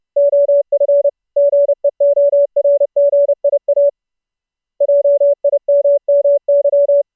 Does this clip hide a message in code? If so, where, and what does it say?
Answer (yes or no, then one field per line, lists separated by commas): yes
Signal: Morse code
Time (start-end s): 0.2-7.0 s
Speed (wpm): 30 wpm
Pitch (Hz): 570 Hz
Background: none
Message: OF GEORGIA JIMMY